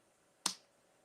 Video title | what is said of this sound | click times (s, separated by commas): FOODIE FRIDAYS WITH MAGGIE ON FTTV! | You can take the cap. You know how it makes a mess? It actually clicks back into place. | 0.5 s